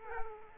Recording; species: mosquito wingbeat signal from an infrared sensor; Culex quinquefasciatus